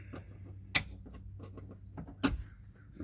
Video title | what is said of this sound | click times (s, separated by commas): 2002 Dodge Durango rear hatch actuator swap | course you'll hear snap into place | 2.2 s